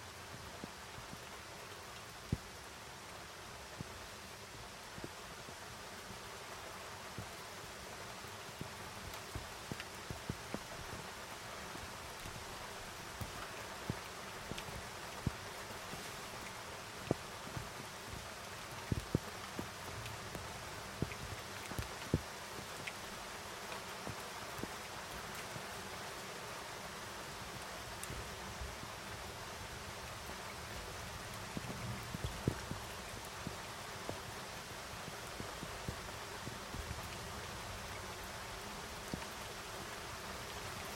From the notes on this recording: Storm in the mountains. In the French Alps, close to Cruseilles, the recording was captured from a window of a home.